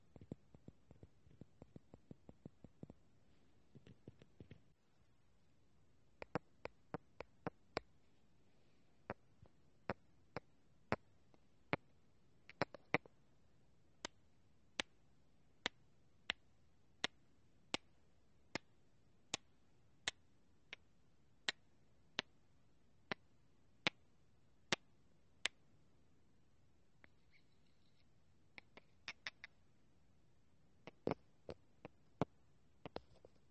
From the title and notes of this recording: Lots of tapping and much more.